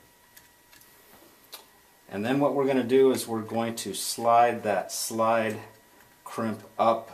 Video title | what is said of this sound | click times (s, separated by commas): Installing the innov8 Register on a Metron Meter | you can hear it click | 0.4 s, 1.5 s